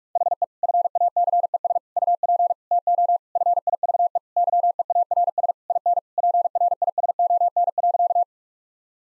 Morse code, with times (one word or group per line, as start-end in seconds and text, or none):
0.2-0.4 HE
0.6-1.8 FACES
2.0-2.5 UP
2.7-3.2 TO
3.4-4.2 FIVE
4.4-5.5 YEARS
5.7-6.0 IN
6.2-8.2 PRISON.